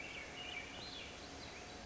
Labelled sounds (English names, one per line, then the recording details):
Swainson's Thrush
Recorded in Sonoma County, California